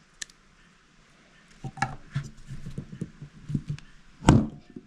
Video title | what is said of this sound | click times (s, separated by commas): Thermostat replacement on a 2021 Jeep Wrangler JL 2.0 | Right there, you hear it click. | 4.3 s